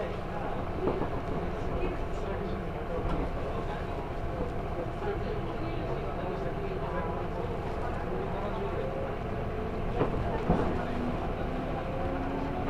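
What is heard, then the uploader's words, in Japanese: A Chuo Line local train from Otsuki toward Takao, waiting at Shiotsu station for a limited express to pass. A steady, dense low rumble and hum runs throughout, with murmuring voices and a few brief louder knocks around one, three and ten seconds. 中央東線普通 大月→高尾。四方津駅で特急の通過待ちで9分停車します。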